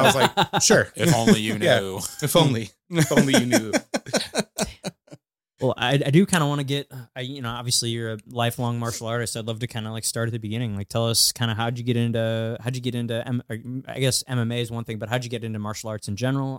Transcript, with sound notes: And I was like, "Sure, if only you knew." If only you knew. (all laughing) Well, I do kind of want to get, obviously you're a lifelong martial artist, I'd love to kind of like start at the beginning, like tell us kind of how'd you get into, how'd you get into, I guess MMA is one thing, but how'd you get into martial arts in general?